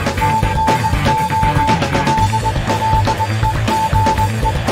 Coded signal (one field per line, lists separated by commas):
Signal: Morse code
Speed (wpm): 20 wpm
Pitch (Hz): 880 Hz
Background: music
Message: TNO DLEGE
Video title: Ham College 74